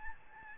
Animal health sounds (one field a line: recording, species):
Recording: mosquito wingbeat signal from an infrared sensor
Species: Aedes albopictus